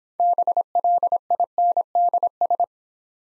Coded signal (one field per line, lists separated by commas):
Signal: Morse code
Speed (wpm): 26 wpm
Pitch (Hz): 700 Hz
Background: none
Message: BLINDS